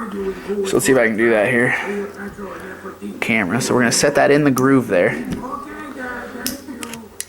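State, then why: Seated. During a PW80 dirt bike top end rebuild, someone talks while setting a small steel clip, likely the wrist pin retaining clip, into the groove in the side of an aluminium piston and pinching the rest of it in. A few faint ticks are followed by a sharp metallic snap at 7.2 s as the clip pops into the groove and seats.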